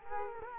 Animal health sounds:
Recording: mosquito wingbeat signal from an infrared sensor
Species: Culex quinquefasciatus

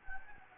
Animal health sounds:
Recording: mosquito wingbeat signal from an infrared sensor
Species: Anopheles gambiae

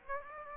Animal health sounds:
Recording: mosquito wingbeat signal from an infrared sensor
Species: Aedes aegypti

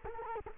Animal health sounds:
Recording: mosquito wingbeat signal from an infrared sensor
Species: Culex quinquefasciatus

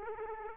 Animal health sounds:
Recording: mosquito wingbeat signal from an infrared sensor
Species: Aedes aegypti

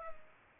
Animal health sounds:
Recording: mosquito wingbeat signal from an infrared sensor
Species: Culex pipiens

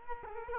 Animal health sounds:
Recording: mosquito wingbeat signal from an infrared sensor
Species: Culex quinquefasciatus

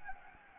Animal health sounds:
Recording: mosquito wingbeat signal from an infrared sensor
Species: Anopheles gambiae

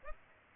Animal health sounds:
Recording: mosquito wingbeat signal from an infrared sensor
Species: Aedes aegypti

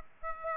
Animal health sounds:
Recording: mosquito wingbeat signal from an infrared sensor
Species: Aedes aegypti

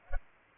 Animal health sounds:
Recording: mosquito wingbeat signal from an infrared sensor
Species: Culex pipiens

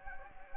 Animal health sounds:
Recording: mosquito wingbeat signal from an infrared sensor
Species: Anopheles gambiae

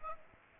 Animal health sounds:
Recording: mosquito wingbeat signal from an infrared sensor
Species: Aedes aegypti

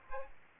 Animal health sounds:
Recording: mosquito wingbeat signal from an infrared sensor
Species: Aedes aegypti

